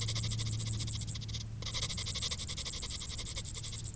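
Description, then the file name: Cricket gives quick, repeated high chirps, pausing very briefly, over a low hum. "Grillen"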